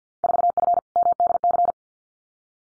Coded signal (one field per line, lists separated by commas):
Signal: Morse code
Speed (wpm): 50 wpm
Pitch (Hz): 700 Hz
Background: none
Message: 4F MDC